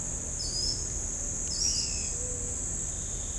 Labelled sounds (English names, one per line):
Ochre-lored Flatbill
Pale-eyed Pygmy Tyrant
White-tipped Dove